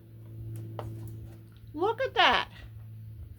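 A driver bit that came with a new box of screws is pressed into the holder molded in the box's plastic lid, and it snaps into place with a sharp click at 0.8 s. A steady low hum runs underneath, and afterwards someone talks.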